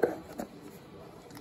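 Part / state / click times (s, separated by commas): plastic bezel clips into the miniature arcade cabinet slots / seated / 0.0 s, 0.4 s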